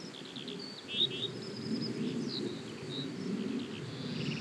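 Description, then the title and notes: Small birds giving short high chirps and twittering notes in scattered bursts over steady low wind and a droning rumble. A group of lively small birds flying playfully across a wheat field in Huldange, Luxembourg, chirping, on an early mild, windy but sunny summer evening; a high-flying plane passes. "Eine Gruppe von quirligen kleinen Vögeln fliegt spielerisch und piepsend über das Kornfeld"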